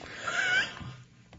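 A man breathing close to the microphone lets out a wheeze, after which he needs his inhaler.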